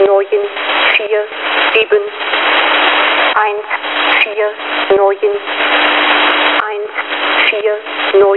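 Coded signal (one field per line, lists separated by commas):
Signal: numbers station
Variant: G06 "German Lady"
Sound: woman's voice reading single digits, each group said twice, through heavy radio hiss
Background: radio static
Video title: Russian G06 "German Lady" number station at 5446 kHz (long message)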